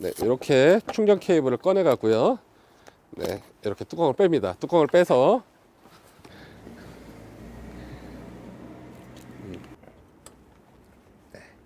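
Someone talks for about the first five seconds while taking out a portable 220 V charging cable and removing the cap from the charge inlet of a Bongo EV electric truck. Quiet handling noise follows, with faint taps and knocks at about 6.3, 9.5, 9.6, 10.3 and 11.4 seconds as the cable's connector is brought to the truck's charging port. Nothing has seated or clicked yet.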